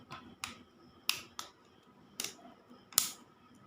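During reassembly of a Realme C35 phone, a flex cable connector is handled over its socket on the mainboard, producing a series of short, sharp ticks and snaps, with the strongest near 1.1, 2.2 and 3.0 s over a quiet background. The clip ends before the connector goes home, and nothing has seated or clicked into place yet.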